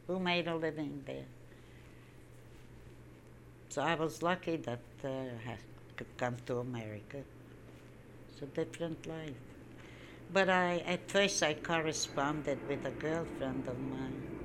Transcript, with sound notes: Who made a living there? So I was lucky that I got to America. (speaking very softly) It's a different life. But I, at first I corresponded with a girlfriend of mine.